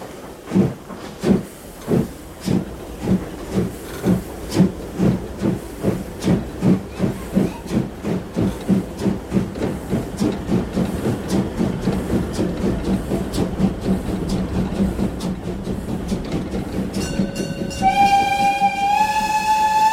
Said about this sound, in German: Und wann fahren wir? Wenn die Lokomotive noch mal pfeift.